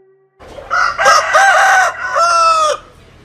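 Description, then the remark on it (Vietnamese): A rooster somewhere in a village lets out one loud, drawn-out cock-a-doodle-doo at dawn. Its bright, harmonic call breaks into a few rising and falling segments before cutting off, with no voices around it. “Tiếng gà gáy sáng ở đâu đó trong làng vang lên.”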